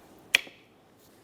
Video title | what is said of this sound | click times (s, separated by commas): How to Replace Rear Calipers 2004-2008 Ford F-150 | Slide it in. Listen for a click. | 0.3 s